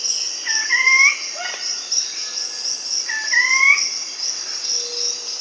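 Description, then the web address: Ruddy foliage-gleaner song: two rising whistled phrases about two and a half seconds apart, with continuous shrill insect chorus behind. Bolivia. "Natures Songs S America Birds of the Amazon 2. Ruddy Foliage-gleaner (Automolus rubiginosus), Bolivia"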